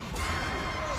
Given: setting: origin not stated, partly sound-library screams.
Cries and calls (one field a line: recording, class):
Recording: one-second piece from a danger detection set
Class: woman in danger